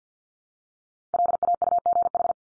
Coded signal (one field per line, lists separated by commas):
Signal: Morse code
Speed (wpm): 50 wpm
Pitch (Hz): 700 Hz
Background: none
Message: LAUGH